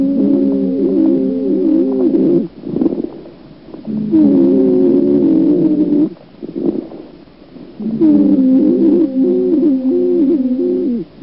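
Three breaths, about 15 a minute, each carrying a long musical wheeze with scattered crackles: narrowed airways plus fluid or secretions.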